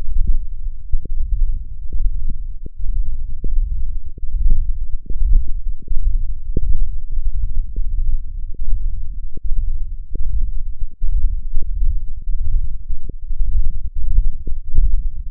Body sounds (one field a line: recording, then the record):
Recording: forearm muscle sounds (acoustic myography)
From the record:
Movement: ulnar deviation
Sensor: system 1, eight BSWA MPA416 microphones around the upper forearm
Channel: 8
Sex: male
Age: 21 years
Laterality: right